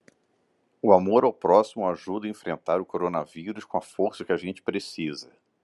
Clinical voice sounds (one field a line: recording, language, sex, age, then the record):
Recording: spoken sentence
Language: Brazilian Portuguese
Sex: male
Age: 30 to 39 years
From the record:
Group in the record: control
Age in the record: 35 years